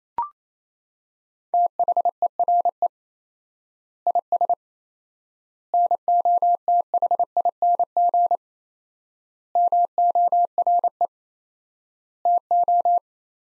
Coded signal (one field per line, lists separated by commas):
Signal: Morse code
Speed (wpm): 28 wpm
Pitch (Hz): 700 Hz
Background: none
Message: THERE IS NOTHING MORE TO